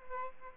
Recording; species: mosquito wingbeat signal from an infrared sensor; Aedes albopictus